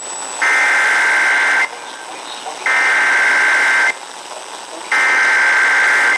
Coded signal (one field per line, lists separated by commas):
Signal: Emergency Alert System (SAME) tones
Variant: header bursts